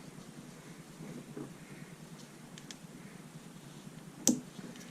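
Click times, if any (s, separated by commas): 4.3 s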